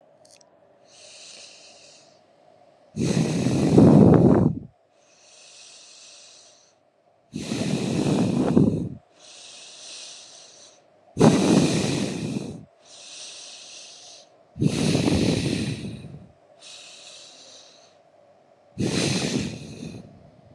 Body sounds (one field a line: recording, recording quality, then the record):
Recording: deep breathing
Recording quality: excellent, no background noise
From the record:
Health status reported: COVID-19 positive, no symptoms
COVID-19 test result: positive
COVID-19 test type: RT-PCR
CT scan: not taken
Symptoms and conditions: none ticked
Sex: female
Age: 22 years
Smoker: no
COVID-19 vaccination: both doses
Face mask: not worn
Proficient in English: yes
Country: India